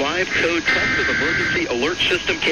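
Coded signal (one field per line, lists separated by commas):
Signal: Emergency Alert System (SAME) tones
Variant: header bursts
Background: speech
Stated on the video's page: National EAN test recorded from digital cable and from a TV station that botched it once and retried.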